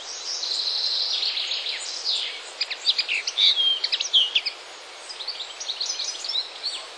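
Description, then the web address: Common linnet song, a fast twittering run of high chirps and short buzzy trills, varied and continuous for several seconds, then softer twitters. "wroblowe kolekcja makolagwa"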